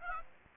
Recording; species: mosquito wingbeat signal from an infrared sensor; Aedes aegypti